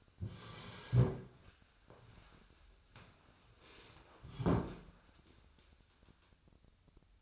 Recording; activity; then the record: daily activity, microphone in the room; sit down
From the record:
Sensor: 2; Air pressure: 1015.1 hPa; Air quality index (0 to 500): 134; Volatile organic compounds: 5 ppm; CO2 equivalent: 1726 ppm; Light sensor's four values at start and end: 10/25/10/11 and 12/34/13/15